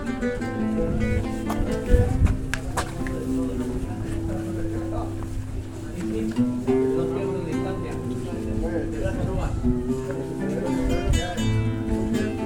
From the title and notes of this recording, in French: Balade à Cadaquès. Juste une ballade sonore à cadaquès.